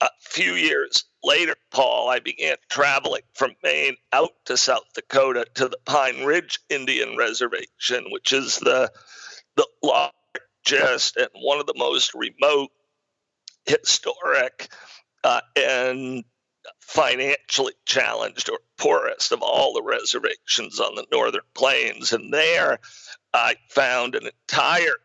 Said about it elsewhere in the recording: I acquired a bit of a rare voice disorder that you can probably hear in my voice as we speak that disorder really made speaking at times a bit difficult for me.